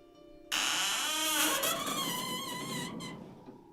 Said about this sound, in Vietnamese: Bất giác, cánh cửa nhà ông Huấn từ từ mở ra, vang lên tiếng bản lề kéo kẹt, rợn cả người.